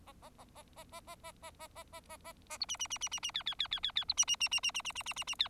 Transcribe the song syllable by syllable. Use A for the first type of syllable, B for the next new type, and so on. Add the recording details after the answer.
A A A A A A A A A A A A A A A B C C C C C C D D D D D D B C C C C C C C C C C C D. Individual Bird4